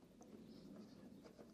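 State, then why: Not seated. A plastic interior trim cover is being handled against its mounting in the body panel of a Jaguar XK8 while a Carpuride reversing camera is wired in, before it is pressed back so its clips snap into place. There is only quiet handling noise with a faint brief tick near 0.2 s and a small bump at the very end. Nothing has seated or clicked yet.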